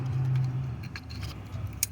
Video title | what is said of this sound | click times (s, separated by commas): Valve cover gasket change Chevy HHR 2009-2011 | Plug it up. You heard the snap, hopefully. | 1.8 s